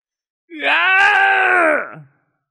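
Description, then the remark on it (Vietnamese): A man lets out a single sustained scream of pain, loud and strained, holding a steady pitch for over a second before breaking off with a falling, choked end. “Miệng của hắn thét lên một tiếng thống khổ”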